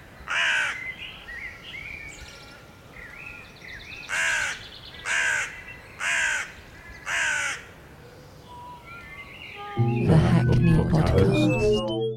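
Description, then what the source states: Crow cawing, one harsh rasping caw, then after a pause a run of four caws roughly one per second, then a sudden loud clattering noise near the end, with faint birdsong behind. Recorded on Lansdown Drive, London Fields, between 04:00 and 04:30 on Thursday 21 May.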